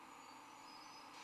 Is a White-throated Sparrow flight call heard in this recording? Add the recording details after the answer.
no. No flight call is heard. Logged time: 22:00 on 20 December 2014